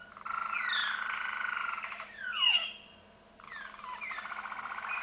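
Canary trilling continuously with rolling notes, a burst of falling slurred whistles in the middle, then a renewed rapid trill after a short pause.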